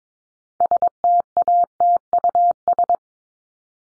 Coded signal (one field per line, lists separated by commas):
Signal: Morse code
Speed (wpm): 22 wpm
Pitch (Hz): 700 Hz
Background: none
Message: STATUS